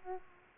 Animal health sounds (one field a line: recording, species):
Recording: mosquito wingbeat signal from an infrared sensor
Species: Aedes aegypti